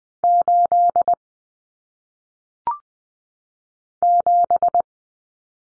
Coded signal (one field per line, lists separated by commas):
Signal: Morse code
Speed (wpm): 20 wpm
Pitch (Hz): 700 Hz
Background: none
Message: 8 7